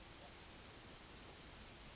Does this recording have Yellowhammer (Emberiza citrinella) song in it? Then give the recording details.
yes. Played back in forest. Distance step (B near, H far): D. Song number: 049